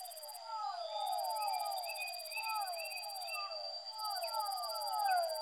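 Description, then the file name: Fischer's dwarf frog calls, many soft descending notes and short chirps overlapping, with a steady piercing tone and a high pulsing buzz that cuts in and out. Soundscape composition built from amphibian vocalizations. "soundscape with amphibian vocalizations of physalaemus fischeri"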